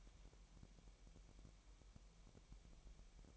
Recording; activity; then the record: daily activity, microphone in the room; take from stove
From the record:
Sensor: 1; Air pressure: 1002.0 hPa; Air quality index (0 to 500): 248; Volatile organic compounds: 52 ppm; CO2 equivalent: 3323 ppm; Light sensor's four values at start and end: 6/13/5/6 and 6/13/5/6